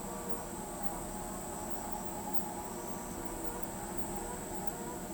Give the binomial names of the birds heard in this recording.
none